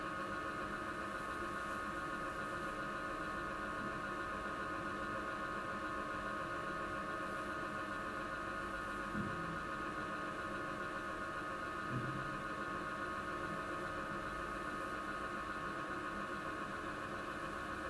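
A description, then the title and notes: A ventilation system drones quietly and steadily, with several fixed tones layered over a soft hiss and a low rumble. The sound stays even throughout, with only two faint low thumps near nine and twelve seconds. Broadacre House, Floor 4 ventilation. A fine, quiet drone. Recorded in a now inaccessible officeblock.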